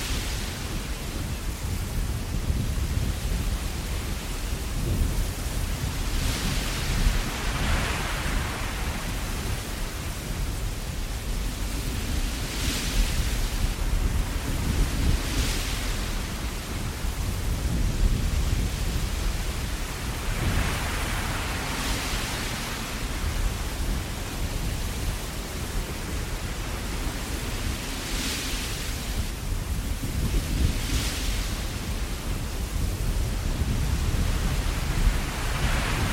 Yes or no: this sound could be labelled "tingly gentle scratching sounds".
no